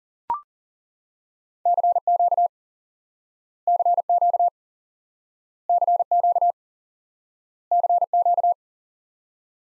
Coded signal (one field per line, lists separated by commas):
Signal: Morse code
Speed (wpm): 40 wpm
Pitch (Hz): 700 Hz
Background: none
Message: CQ CQ CQ CQ